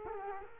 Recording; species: mosquito wingbeat signal from an infrared sensor; Culex quinquefasciatus